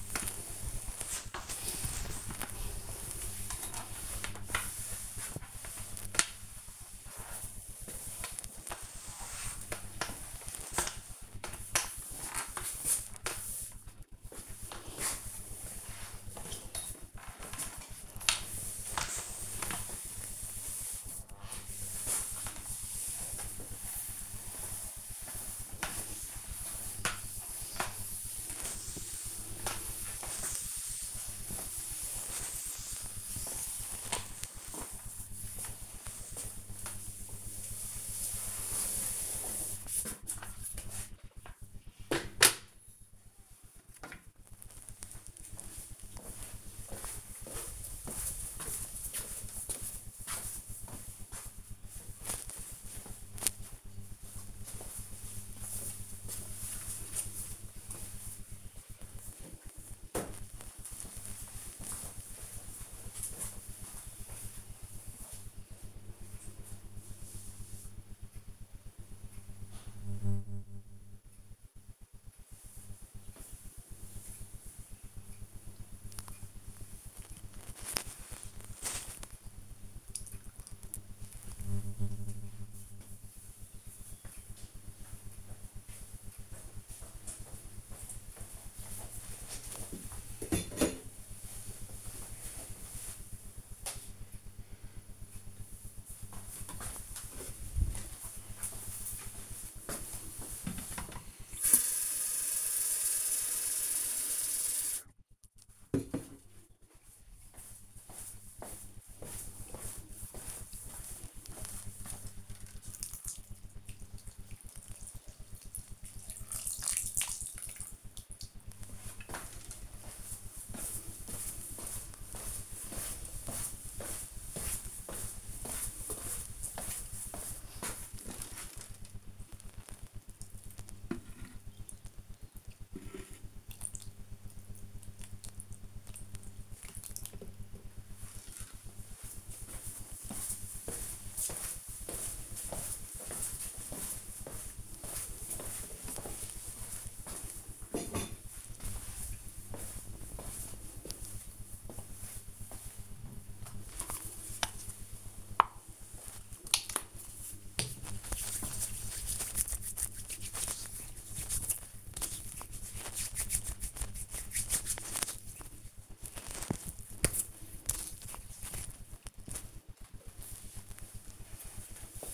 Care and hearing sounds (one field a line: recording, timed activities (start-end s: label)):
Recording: household activities, microphone on the right wrist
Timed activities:
0.00-40.36 s: floor cleaning
95.76-137.09 s: watering plant
153.19-169.38 s: cream hands